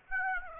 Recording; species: mosquito wingbeat signal from an infrared sensor; Aedes aegypti